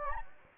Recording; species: mosquito wingbeat signal from an infrared sensor; Anopheles gambiae